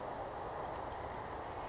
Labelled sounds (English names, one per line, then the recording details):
Western Flycatcher
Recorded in Sonoma County, California